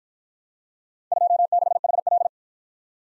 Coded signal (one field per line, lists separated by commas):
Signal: Morse code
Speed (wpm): 56 wpm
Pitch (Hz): 700 Hz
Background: none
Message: 26HL